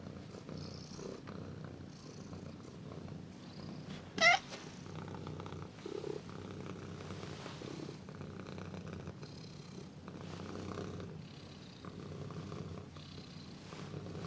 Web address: domestic cat squealing and purring